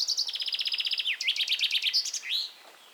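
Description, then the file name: Common chaffinch song: a rapid series of repeated notes descending in steps, then a second trill, finishing with a bright rising flourish. "Fringilla coelebs"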